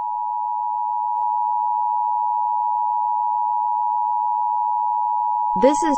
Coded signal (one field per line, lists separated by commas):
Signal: Emergency Alert System (SAME) tones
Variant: 853 and 960 Hz attention tone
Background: speech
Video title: EAS Scenario #1: This Is Just A Test!